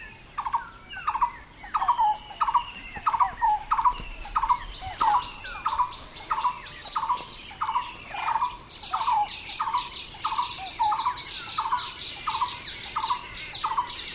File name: Megalaima lineata - Lineated Barbet